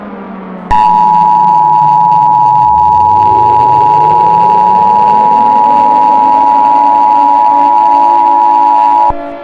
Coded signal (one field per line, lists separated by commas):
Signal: Emergency Alert System (SAME) tones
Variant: 853 and 960 Hz attention tone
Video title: The SMG3 Invasion: Meteor-X (An EAS Scenario)